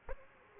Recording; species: mosquito wingbeat signal from an infrared sensor; Aedes aegypti